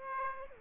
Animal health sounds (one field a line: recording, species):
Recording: mosquito wingbeat signal from an infrared sensor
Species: Aedes aegypti